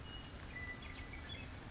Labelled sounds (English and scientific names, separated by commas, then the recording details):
Western Meadowlark (Sturnella neglecta)
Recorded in Sonoma County, California